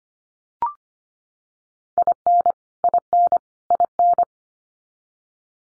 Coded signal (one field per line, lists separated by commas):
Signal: Morse code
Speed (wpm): 25 wpm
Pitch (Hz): 700 Hz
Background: none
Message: IN IN IN